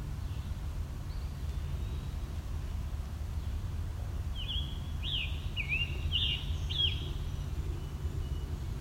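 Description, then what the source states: Scarlet Tanager song: a short run of hoarse, burry, robin-like phrases in the second half, over a constant low rumble. Sung from the top of a mature tree on a ravine edge in an old-growth area of the Dundas Valley, Hamilton, on a late-July midsummer morning; sounds like a robin with a sore throat.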